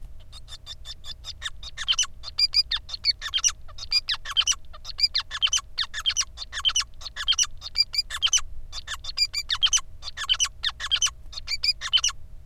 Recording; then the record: song of a male Bengalese finch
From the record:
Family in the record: son of father 5